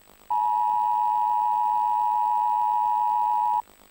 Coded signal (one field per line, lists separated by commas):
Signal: Emergency Alert System (SAME) tones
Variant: 853 and 960 Hz attention tone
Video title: Virgin Media EAS Test, Sep. 2007 (totally real and rare, read description)